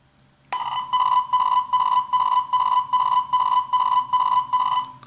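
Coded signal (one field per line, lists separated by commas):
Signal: Hellschreiber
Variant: Feld Hell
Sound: rapidly chopped, buzzy single tone near 1 kHz in rhythmic bursts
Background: low hum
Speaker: And now this will be Feldhell.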